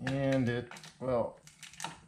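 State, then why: Not seated. Someone talks while a metal snap ring that holds a bearing in a 2017–2023 Sidewinder/Thunder Cat snowmobile gear housing is worked around toward its groove. A few faint, quick ticks of handling come near the end. Nothing has seated or clicked yet.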